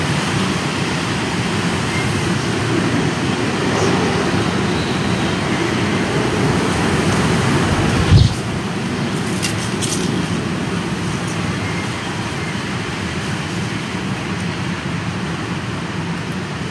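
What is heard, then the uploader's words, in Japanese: Strong early-summer wind roars steadily, a dense, low rumble buffeting with a hissing layer above it. Around the eight-second mark a sharp gust or thump hits, followed by a few faint clicks and rattles, then the blowing continues unchanged. とある梅雨入りの強風。風のものすごく強い日がありましたね。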